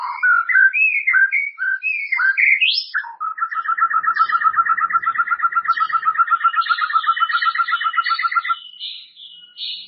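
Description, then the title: White-rumped shama song opening with looping whistles, then a long even trill of rapid repeated notes, with thin high notes above. "murai batu"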